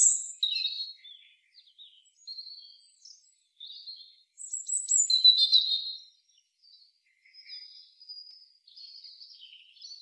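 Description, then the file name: European robin delivering varied high, liquid phrases: a loud opening warble, scattered thin notes, then a bright trilled burst and soft, wavering high whistles trailing away. "Erithacus rubecula"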